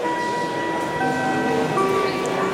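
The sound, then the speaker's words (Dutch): A train departure bell chimes as a short sequence of sustained electronic tones, stepping to new pitches about every second, over a steady background hum with no talking. “Als de NS-bel is gegaan, zo noem ik het maar even, dan betekent dat er doorgewisseld moet worden.”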